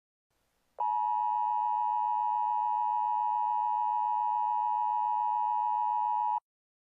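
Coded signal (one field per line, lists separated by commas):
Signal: Emergency Alert System (SAME) tones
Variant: 853 and 960 Hz attention tone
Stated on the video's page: Fictional EAS scenario.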